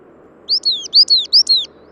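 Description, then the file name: Coal tit song: three quick high two-note phrases, each a sharp rising note then a thin falling one, delivered in just over a second. "periparus ater"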